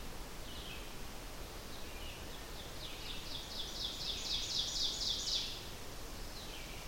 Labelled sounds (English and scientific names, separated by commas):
Ovenbird (Seiurus aurocapilla) song